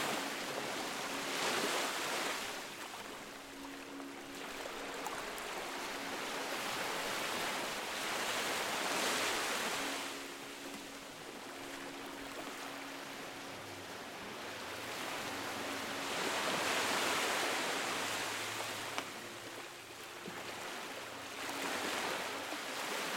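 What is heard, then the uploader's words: Ocean waves roll in and wash back from the shore, a dense hiss that swells and recedes every few seconds, cresting near 2, 9, 17 and 21 seconds. Faint sustained low tones drift underneath, coming and going. Calming Music with Ocean Sounds. Ocean waves coming in and out from shore. A piano melody that travels from side to side.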